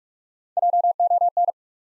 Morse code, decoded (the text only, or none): JON